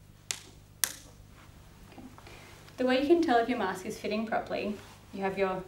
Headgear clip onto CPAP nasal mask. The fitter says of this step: just snaps into place there